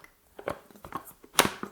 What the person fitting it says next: and it locks in place.